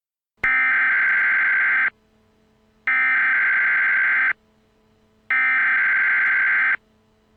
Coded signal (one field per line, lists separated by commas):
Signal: Emergency Alert System (SAME) tones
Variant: header bursts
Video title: Greater Cincinnati Northern Kentucky EAS Nuclear Attack Warning